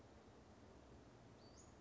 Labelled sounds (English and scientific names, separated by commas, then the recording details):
Western Flycatcher (Empidonax difficilis)
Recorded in Sonoma County, California